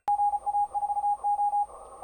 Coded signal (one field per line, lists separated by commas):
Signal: Morse code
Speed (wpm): 34 wpm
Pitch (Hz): 820 Hz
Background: radio noise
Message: GA4O